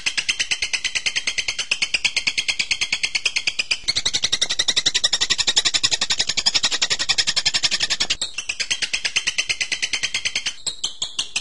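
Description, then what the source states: Bird song: sustained rapid twittering with shrill trills, briefly louder midway, then more broken phrases toward the end. Masteran birdsong recording used for training birds.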